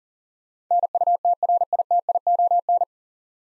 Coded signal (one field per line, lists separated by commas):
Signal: Morse code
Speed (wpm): 40 wpm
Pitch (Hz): 700 Hz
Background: none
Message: NUTRITION